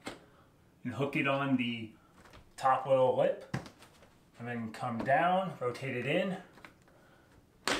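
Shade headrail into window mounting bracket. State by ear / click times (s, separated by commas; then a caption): seated / 7.7 s. An Allen + Roth cordless cellular shade headrail is hooked onto the top lip of a window mounting bracket, then rotated down and snapped inward. Someone talks through most of the clip over a few faint handling taps. A sharp click at 7.7 s marks the bracket clip catching and the headrail seating into place.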